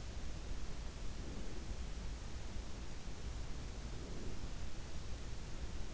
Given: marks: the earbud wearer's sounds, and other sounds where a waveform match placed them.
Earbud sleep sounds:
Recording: sounds in sleep by an in-ear microphone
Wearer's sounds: breath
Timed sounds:
0.60-1.98 s: breath
3.66-4.82 s: breath

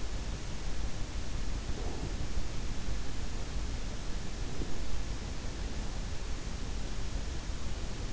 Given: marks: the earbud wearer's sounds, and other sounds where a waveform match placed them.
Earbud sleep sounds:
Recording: sounds in sleep by an in-ear microphone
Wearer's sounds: breath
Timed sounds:
1.44-2.67 s: breath
4.09-4.93 s: breath

